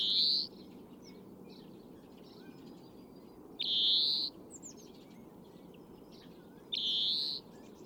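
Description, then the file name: European greenfinch calls, three buzzy drawn-out wheezes at roughly three-second intervals, with faint chirps of other birds and a low rumble behind. "Chloris chloris"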